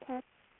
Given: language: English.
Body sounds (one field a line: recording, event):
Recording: throat vibration sensor signal played as sound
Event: speech